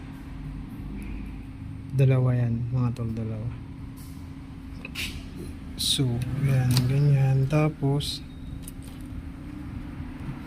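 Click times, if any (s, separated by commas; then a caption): none. A plastic top box is handled over its base plate on the rack of a TMX Alpha Series 3 motorcycle, where it will be pressed down until the latch engages. Someone talks at about 2 to 3.5 seconds and again at about 6 to 8 seconds, with short sharp sounds at about 4.9 and 8.7 seconds. Nothing has seated or clicked yet.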